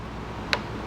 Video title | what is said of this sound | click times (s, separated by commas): INTENSE Tazer MX Tech: Tazer MX Pro Unboxing and Assembly | so once we hear that click we know that connection is um good and we won't have any issues so next | 0.5 s